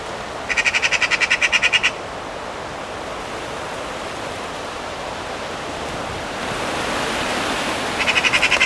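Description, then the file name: Eurasian magpie chattering: a harsh, rapid rattle of about a dozen evenly spaced notes lasting over a second, then a second rattle begins near the end. "Pica pica"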